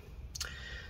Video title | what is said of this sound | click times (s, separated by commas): HP Omen Laptop 15-ek0013dx Disassembly RAM SSD Hard Drive Upgrade Battery Fan Replacement Repair | feel it pop out and then we can go ahead and pull straight up | 0.4 s